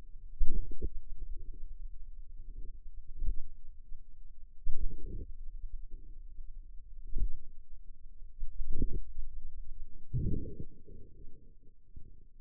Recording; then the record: forearm muscle sounds (acoustic myography)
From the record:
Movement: pen grasping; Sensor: system 2, bracelet of six BSWA MPA416 microphones around the upper forearm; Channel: 1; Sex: female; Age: 23 years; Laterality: right